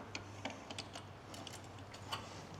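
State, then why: Not seated. A wiring connector for a relocated gauge is handled and lined up with the gauge harness plug on a motorcycle, with its tab pushed in and its spring checked. Light, sharp ticks and taps sound over a low steady hum, the strongest at about 0.1 and 0.5 seconds. The connector has not latched or clicked home yet.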